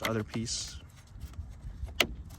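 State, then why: Seated. During reinstallation of the front camera on a 2014-2016 Mercedes-Benz E-Class, the other plastic piece of the camera assembly is pushed by hand into its mount behind the grille emblem while someone talks. One sharp click is heard at 2.0 s. The piece is seated and secure.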